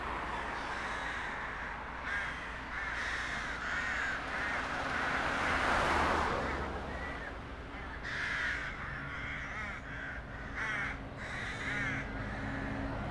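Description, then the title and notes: Crows cawing in a long series of harsh calls over steady street noise. Crows in a small park near the Rhine bank, Josef-Bueb-Straße, Breisach am Rhein, Germany, with street noise. "Josef-Bueb-Straße, 79206 Breisach am Rhein, Deutschland - Krähen und Straßenlärm. Kleiner Park nähe Rheinufer. Straßen- und Krähenlärm"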